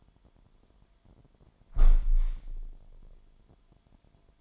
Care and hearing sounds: daily activity, microphone in the room; close window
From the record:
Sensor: 5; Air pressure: 998.7 hPa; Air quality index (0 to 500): 100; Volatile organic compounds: 2 ppm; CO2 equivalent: 1145 ppm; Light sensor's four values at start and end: 33/80/33/38 and 33/80/33/37

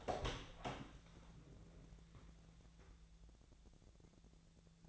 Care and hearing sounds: daily activity, microphone in the room; open door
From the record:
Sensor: 3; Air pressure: 1000.4 hPa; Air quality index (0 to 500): 181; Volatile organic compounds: 4 ppm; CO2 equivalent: 1571 ppm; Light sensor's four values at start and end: 13/30/12/13 and 13/30/13/13

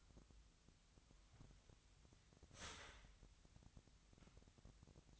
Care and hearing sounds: daily activity, microphone in the room; start toaster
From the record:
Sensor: 3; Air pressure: 1001.9 hPa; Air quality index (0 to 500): 245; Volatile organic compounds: 49 ppm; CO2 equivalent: 3276 ppm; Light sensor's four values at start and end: 13/40/17/15 and 13/40/17/15

